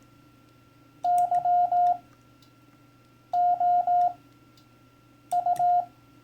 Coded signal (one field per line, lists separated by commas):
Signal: Morse code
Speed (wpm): 18 wpm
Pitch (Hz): 710 Hz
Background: none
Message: YOU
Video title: How CW Ops Speak - Turning it Over